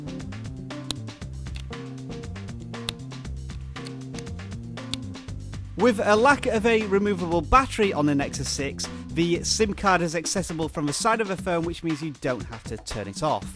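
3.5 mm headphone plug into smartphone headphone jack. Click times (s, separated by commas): 0.9 s, 2.9 s, 4.9 s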